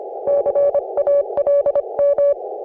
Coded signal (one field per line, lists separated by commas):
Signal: Morse code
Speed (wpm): 26 wpm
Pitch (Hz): 560 Hz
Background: none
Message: CALM